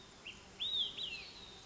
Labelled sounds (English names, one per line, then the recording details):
Olive-sided Flycatcher
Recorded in Sonoma County, California